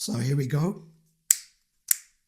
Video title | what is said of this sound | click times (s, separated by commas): PGYTECH Caplock Extension Pole Mini Tripod | that's it did you hear that you get a satisfying click well it's two clicks the first click | 1.3 s, 1.9 s